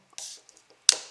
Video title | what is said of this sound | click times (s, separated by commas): Foxeer Legend 2 Ultra HD Action Camera - Full Review! | there I'm not sure if you heard that click but it's in quite securely | 0.9 s